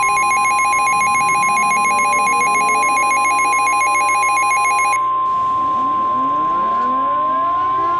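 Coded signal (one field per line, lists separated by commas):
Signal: Emergency Alert System (SAME) tones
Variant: 1050 Hz attention tone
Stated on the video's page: Fictional EAS scenario recreation about a nuclear plant incident.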